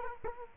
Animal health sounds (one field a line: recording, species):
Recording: mosquito wingbeat signal from an infrared sensor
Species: Culex quinquefasciatus